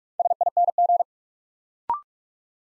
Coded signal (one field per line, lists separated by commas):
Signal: Morse code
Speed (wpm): 44 wpm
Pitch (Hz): 700 Hz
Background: none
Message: SING